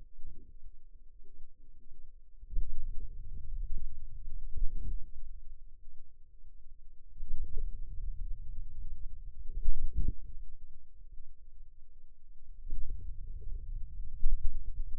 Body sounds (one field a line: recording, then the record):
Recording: forearm muscle sounds (acoustic myography)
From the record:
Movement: hand opening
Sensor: system 2, bracelet of six BSWA MPA416 microphones around the upper forearm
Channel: 2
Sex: male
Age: 22 years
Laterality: right